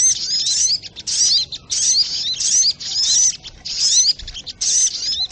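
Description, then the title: Spiderhunter delivering rapid, shrill chattering bursts almost back to back, thin high notes sliding up and down within each phrase. Training audio (masteran); labelled Labaik. "Sogok Ontong Labaik"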